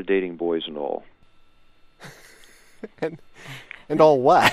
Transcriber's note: laughter